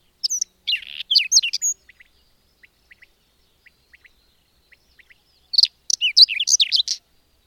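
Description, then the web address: Bird song: a high, twittering phrase of buzzes and whistles, a run of soft scattered ticks, then a second busy phrase near the end. "madarak enek"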